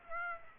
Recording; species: mosquito wingbeat signal from an infrared sensor; Aedes aegypti